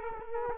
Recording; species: mosquito wingbeat signal from an infrared sensor; Culex quinquefasciatus